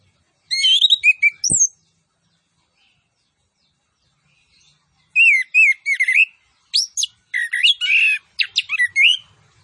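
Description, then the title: Orange-headed thrush song, fast mixed phrases of high chirps and upward-swept whistles, one brief click, then a longer varied burst after a pause. Vigorous singing with full fill-in phrases and 'tembakan cililin' style shots. "Anis Kembang Gacor. MASTERAN ANIS KEMBANG ISIAN FULL DENGAN TEMBAKAN CILILIN"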